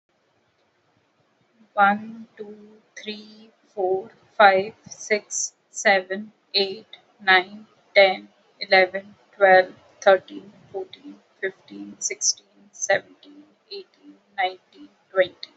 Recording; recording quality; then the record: counting at a normal pace; excellent, no background noise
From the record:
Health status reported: healthy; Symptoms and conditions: none ticked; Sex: female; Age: 47 years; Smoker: not ticked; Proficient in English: yes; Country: India